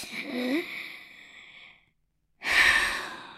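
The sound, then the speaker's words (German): A long, airy inhale tapers off into a brief pause, followed by a louder, breathy exhale that fades out slowly. No one speaks. “Legt mal die Hand auf den Bauch und atmet tief ein und wieder aus.”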